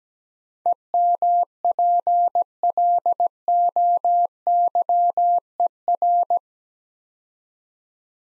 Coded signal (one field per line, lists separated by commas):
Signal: Morse code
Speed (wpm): 17 wpm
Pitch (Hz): 700 Hz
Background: none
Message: EMPLOYER